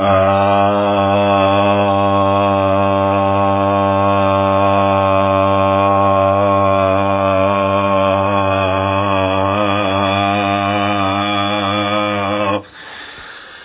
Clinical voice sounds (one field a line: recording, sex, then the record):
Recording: sustained vowel /a/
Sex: male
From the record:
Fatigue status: no fatigue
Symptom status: symptomatic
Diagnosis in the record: COVID-19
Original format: 3gp